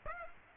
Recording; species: mosquito wingbeat signal from an infrared sensor; Aedes aegypti